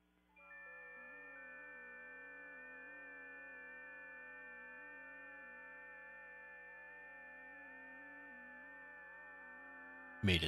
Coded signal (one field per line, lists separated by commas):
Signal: FT8